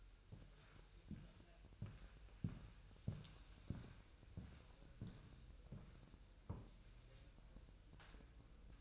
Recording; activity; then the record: daily activity, microphone in the room; walk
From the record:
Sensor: 2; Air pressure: 1001.9 hPa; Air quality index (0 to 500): 233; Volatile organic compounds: 63 ppm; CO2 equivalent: 3450 ppm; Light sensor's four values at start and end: 7/17/7/7 and 7/17/7/7